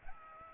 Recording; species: mosquito wingbeat signal from an infrared sensor; Aedes aegypti